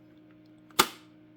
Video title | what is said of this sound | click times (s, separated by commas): How To Change A Brother Ink Toner Cartridge STEP-BY-STEP | that's the click you saw the little green tab on the left kind of flip | 0.8 s